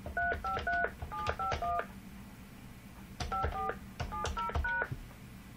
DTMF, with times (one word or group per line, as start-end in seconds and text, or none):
0.2-1.8 353751
3.3-3.7 54
4.1-4.8 70#